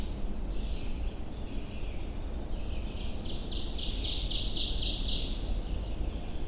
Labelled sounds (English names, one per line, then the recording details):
Ovenbird song
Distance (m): 25 m
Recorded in boreal forest in Alberta, Canada, on 22 June 2016 at 07:26
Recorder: SongMeter 3, array SBT-6-76
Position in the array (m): 14 m, 118 m
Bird 2